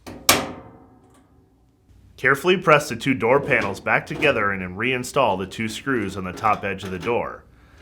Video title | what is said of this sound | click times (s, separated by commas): How to replace Door Catch part # WP3389441 on your Whirlpool Maytag Amana Dryer | press firmly on the latch until all four tabs click into place | 0.1 s, 0.3 s